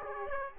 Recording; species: mosquito wingbeat signal from an infrared sensor; Aedes aegypti